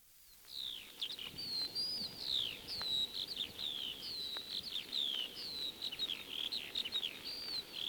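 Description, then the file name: Eurasian skylark song beginning after half a second of quiet, then a lively run of clear downslurred whistles and twittering trills continuing without a break. Old 1937 disc recording of song. "skylark-song-disc-3-side-a-more-songs-of-wild-birds"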